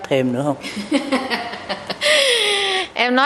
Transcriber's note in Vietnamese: cười